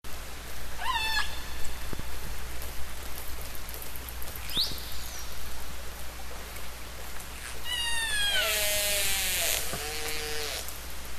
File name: Killer whale